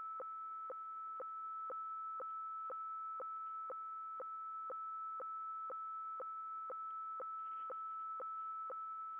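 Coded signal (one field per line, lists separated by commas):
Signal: weather fax (radiofax)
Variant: 120 lines per minute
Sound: steady high tone interrupted by a short lower blip twice every second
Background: radio static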